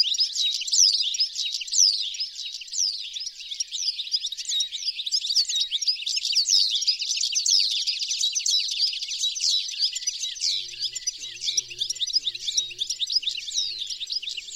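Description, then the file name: European goldfinch calls in a steady, busy twitter of sharp swooping notes, unbroken from start to end; a faint low hum appears in the final seconds. "Carduelis carduelis"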